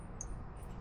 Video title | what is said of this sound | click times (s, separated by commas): Honda cbr600rr gear indicator install | Push that back in there till it makes a click. | 0.2 s